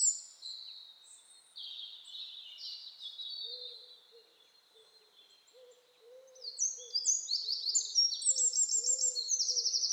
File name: Troglodytes troglodytes